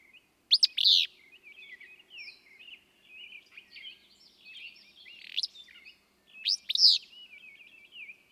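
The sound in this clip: Willow flycatcher repeating an emphatic, sneezy two-part buzz about six seconds apart, with thin twittering of other birds in between.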